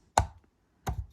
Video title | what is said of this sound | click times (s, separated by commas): Drill Doctor 500X Part II | is lined up and locks in place on 118 | 0.2 s